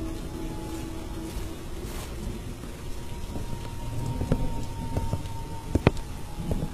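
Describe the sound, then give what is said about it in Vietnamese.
Steady rain with wind falls in a dense, hissing wash, with scattered sharper drops tapping out toward the end and a low rumble underneath. No voices are heard. “Mưa gió làm cho giấc ngủ của chúng tôi ngon hơn, dễ chịu hơn, không có gì đáng ngại cả.”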